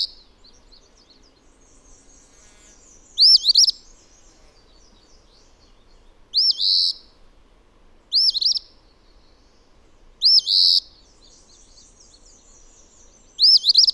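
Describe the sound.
Bird song: high whistled phrases with curved notes and a rough buzzy finish, repeated every two to three seconds, thin twittering audible in the gaps.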